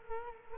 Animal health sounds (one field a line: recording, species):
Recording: mosquito wingbeat signal from an infrared sensor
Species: Culex quinquefasciatus